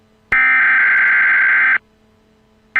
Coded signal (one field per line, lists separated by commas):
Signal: Emergency Alert System (SAME) tones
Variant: header bursts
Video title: A eas severe thunderstorm warning interupts SpongeBob!.